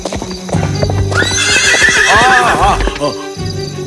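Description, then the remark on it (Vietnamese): A horse being ridden along the middle of a road lets out a loud, wavering whinny that rises and falls in pitch, while steady hooves clip-clop in a quick rhythm underneath. “Anh không được cưỡi ngựa giữa đường như thế này đâu.”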